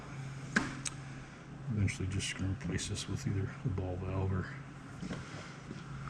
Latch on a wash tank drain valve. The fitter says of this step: but it doesn't lock in there very well, and you know that's a sharp point.